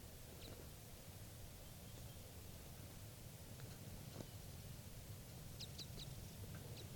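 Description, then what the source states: Red Crossbill (type 5): crossbill calls: a single sharp chip early, then a quick run of several brief high notes near the end, over constant low-frequency background noise. Wild type 5 crossbill, previously tape recorded, calling at Tennessee Pass, Eagle County, Colorado, on June 8, 1986, at 6:38 a.m.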